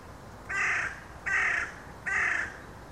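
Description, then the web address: Bird calls: three harsh, cawing notes, each about half a second long, evenly spaced roughly every 0.8 seconds over a faint, steady background hiss. "cianscape. Deverinetal. Bird Only"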